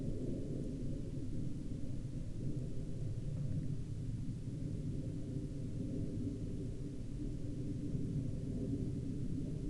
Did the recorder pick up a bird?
no